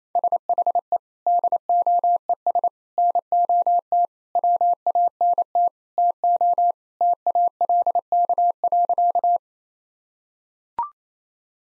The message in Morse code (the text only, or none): SHE DOES NOT WANT TO TALK.